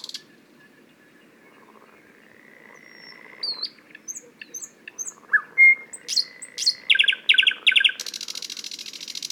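Thrush nightingale singing: a long thin whistle followed by clipped piping notes, then loud rhythmic chock notes building into a harsh rattling trill.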